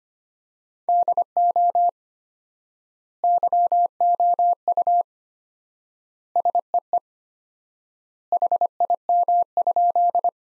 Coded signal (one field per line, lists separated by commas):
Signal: Morse code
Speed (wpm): 25 wpm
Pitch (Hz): 700 Hz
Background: none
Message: DO YOU SEE HIM?